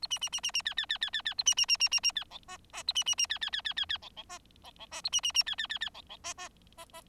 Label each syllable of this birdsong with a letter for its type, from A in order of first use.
A B B B B B C C C C C C A B B B B B B C D E E A B B B C C C C C C D D E D D E A B B B C C C C D D E E E E